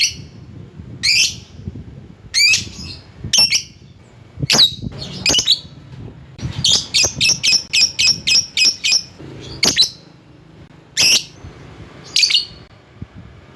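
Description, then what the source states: Lovebird producing shrill chirps and squawks, building to a fast even series of about ten piercing notes, then slower single calls. Calling a rival.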